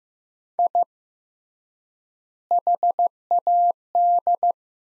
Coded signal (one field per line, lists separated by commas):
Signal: Morse code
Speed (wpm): 15 wpm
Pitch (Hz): 700 Hz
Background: none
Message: I HAD